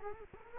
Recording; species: mosquito wingbeat signal from an infrared sensor; Culex quinquefasciatus